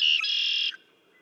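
Red-winged blackbird song: a loud, harsh buzzy trill lasting about three-quarters of a second, with a brief dip partway through, then quiet.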